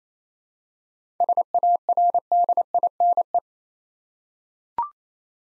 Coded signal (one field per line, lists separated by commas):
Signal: Morse code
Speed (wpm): 27 wpm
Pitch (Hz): 700 Hz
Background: none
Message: SARDINE